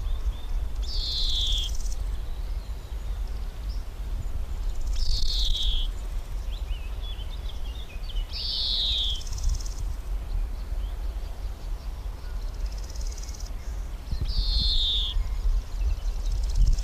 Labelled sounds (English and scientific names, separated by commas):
Large Gold Grasshopper (Chrysochraon dispar) stridulation